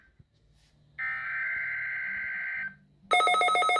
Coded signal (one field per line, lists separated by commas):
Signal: Emergency Alert System (SAME) tones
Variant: header bursts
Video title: NOAA KIX58 Weekly Test 9/22/21 EAS #20